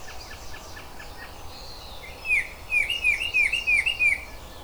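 Oriole calls: a quick run of several short, clear downslurred whistles in the second half, after faint scattered chirps over a steady background hiss.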